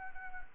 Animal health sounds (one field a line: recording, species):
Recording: mosquito wingbeat signal from an infrared sensor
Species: Anopheles arabiensis